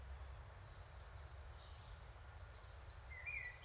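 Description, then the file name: Common nightingale song, a long pure whistled note held high and steady, repeated in swelling pulses, with a brief lower warble at the end. "Luscinia megarhynchos"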